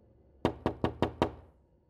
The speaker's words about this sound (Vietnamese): Tiếng đập cửa tiếp tục vang lên.